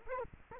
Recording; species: mosquito wingbeat signal from an infrared sensor; Culex quinquefasciatus